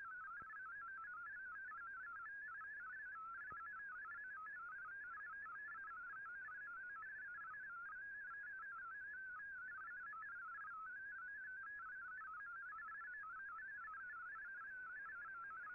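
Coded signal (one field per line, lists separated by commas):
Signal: multi-tone FSK (Olivia or MFSK type)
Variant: MFSK32 or MFSK64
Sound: continuous warbling, rapidly hopping single tone like a fast bubbly melody over hiss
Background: radio static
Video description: Here is my decode of the Shortwave Radiogram broadcast today on 15770Khz shortwave radio at 1300UTC in MFSK32 and 64 with 10 SSTV images.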